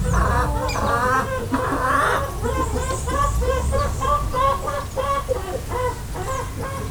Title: Som do galinheiro com vocalizações engraçadas, Faz. Chiqueirão, Poços de Caldas - Rabelo, Poços de Caldas - MG, Brasil